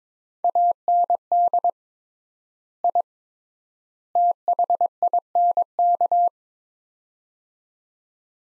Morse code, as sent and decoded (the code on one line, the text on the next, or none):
.- -. -.. / .. / - .... .. -. -.-
AND I THINK